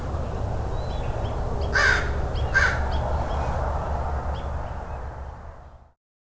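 Crow giving two harsh caws in quick succession over steady low rumbling noise that fades out near the end.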